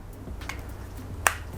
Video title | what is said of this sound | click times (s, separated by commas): Are the Trelab X5 Worth It? | So as you can see, it's clicking in. | 1.3 s